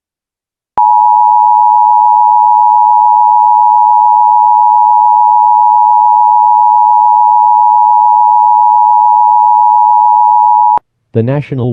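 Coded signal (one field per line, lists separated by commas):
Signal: Emergency Alert System (SAME) tones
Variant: 853 and 960 Hz attention tone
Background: speech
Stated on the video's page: Real flash flood emergency for southern Puerto Rico during Hurricane Fiona.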